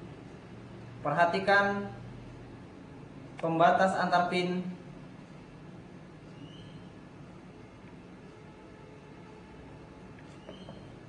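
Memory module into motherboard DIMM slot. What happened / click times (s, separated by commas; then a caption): Part lined up, not yet seated / none. A memory module is lined up with a motherboard DIMM slot, with the notch key between the pins matched to the slot before it is pushed in. Someone talks in two short bursts near the start, then only a low steady background remains. Nothing has seated or clicked yet.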